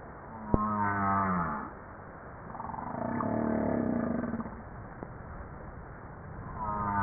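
Humpback whale calls: long harmonic moans, one at the start, one midway and another beginning at the end, with a sharp click during the first and another after the second.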